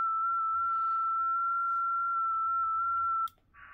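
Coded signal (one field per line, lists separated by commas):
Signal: FT8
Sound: a steady whistle-like tone with faint small pitch steps, cut off, then soft hiss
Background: room noise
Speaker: power looks about 3 and 1/2 Watts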